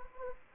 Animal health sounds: mosquito wingbeat signal from an infrared sensor; Anopheles gambiae

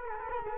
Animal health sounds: mosquito wingbeat signal from an infrared sensor; Culex quinquefasciatus

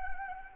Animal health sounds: mosquito wingbeat signal from an infrared sensor; Anopheles gambiae

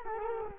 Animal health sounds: mosquito wingbeat signal from an infrared sensor; Culex quinquefasciatus

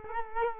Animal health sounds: mosquito wingbeat signal from an infrared sensor; Culex quinquefasciatus

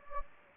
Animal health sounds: mosquito wingbeat signal from an infrared sensor; Anopheles gambiae

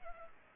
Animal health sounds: mosquito wingbeat signal from an infrared sensor; Culex pipiens

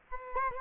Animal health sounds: mosquito wingbeat signal from an infrared sensor; Aedes aegypti

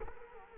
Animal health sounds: mosquito wingbeat signal from an infrared sensor; Culex quinquefasciatus

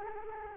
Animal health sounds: mosquito wingbeat signal from an infrared sensor; Culex quinquefasciatus

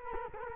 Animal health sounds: mosquito wingbeat signal from an infrared sensor; Culex quinquefasciatus

